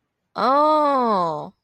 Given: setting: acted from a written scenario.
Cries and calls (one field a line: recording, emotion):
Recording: vocal sound without words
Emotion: realization